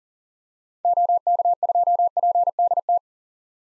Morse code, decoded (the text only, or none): OK2PDT